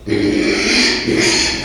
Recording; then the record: squeal of a Yucatan mini pig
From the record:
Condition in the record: after surgery on the right vocal fold (resection and tissue-engineered implant); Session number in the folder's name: 2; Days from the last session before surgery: 13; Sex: male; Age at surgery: 12 weeks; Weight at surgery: 13 kg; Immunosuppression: cyclosporine, prednisolone